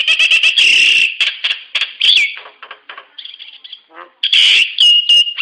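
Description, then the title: Nias hill myna producing rapid, clattering chirps mixed with loud, slurred whistles, a pause of softer notes, then another burst of strident whistling. "Burung jalak nias"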